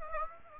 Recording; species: mosquito wingbeat signal from an infrared sensor; Aedes aegypti